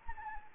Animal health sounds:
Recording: mosquito wingbeat signal from an infrared sensor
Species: Anopheles arabiensis

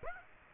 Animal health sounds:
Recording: mosquito wingbeat signal from an infrared sensor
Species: Aedes aegypti

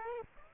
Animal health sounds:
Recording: mosquito wingbeat signal from an infrared sensor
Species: Aedes aegypti

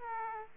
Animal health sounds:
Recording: mosquito wingbeat signal from an infrared sensor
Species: Aedes aegypti

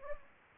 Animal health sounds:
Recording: mosquito wingbeat signal from an infrared sensor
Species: Anopheles gambiae

